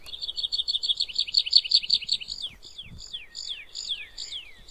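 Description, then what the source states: Tree Pipit song: a fast series of high buzzy trilled notes, then several slower descending slurred notes, with faint low rustling. Song, played from a bird sound book; said to sound quite different from the Meadow Pipit.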